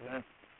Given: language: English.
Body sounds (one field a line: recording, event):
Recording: throat vibration sensor signal played as sound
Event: speech